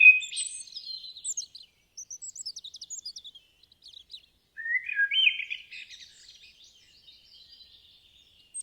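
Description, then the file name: Bird song of high chirps, thin whistles and a quick run of even ticking notes, then a louder warbled phrase and soft twittering fading out. "Pajaros"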